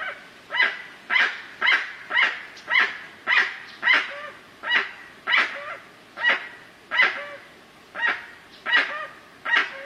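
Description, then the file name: Guan calling in a long series of loud, harsh, honking yelps, repeated about every half second throughout. "canto do jacu"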